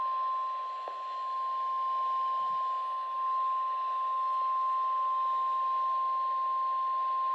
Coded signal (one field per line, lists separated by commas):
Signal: Emergency Alert System (SAME) tones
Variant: 1050 Hz attention tone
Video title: 2/14/26 Severe Thunderstorm Warning for Southeast Texas (EAS #28)